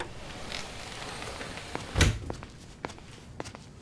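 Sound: door being opened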